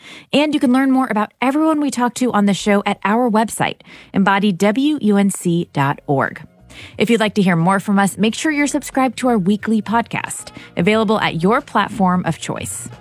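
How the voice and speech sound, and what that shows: Adult woman, a radio host, speaking fluently.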